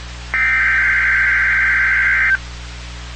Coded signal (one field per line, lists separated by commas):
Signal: Emergency Alert System (SAME) tones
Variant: header bursts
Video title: MPX TEST EAS 1451